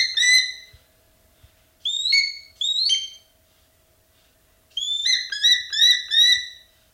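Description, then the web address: Black-and-white hawk-eagle calling in piercing whistled notes, a few given singly with silent pauses between, then a rapid series of several notes. Recorded in the eastern lowlands of South America. "Natures Songs S America Eastern Lowlands. Black-and-white Hawk-Eagle"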